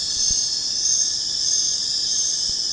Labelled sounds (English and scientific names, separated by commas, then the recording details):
none
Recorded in secondary vegetation near Puerto Asís, Putumayo, Colombia, on 25 June 2025 at 21:00
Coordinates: 0.484, -76.319
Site G074